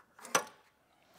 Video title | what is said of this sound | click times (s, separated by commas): BMW N55 Belt/Tension/Idler Replacement (f15, f10,f30) | going to rotate until get this guy to lock into place and | 0.4 s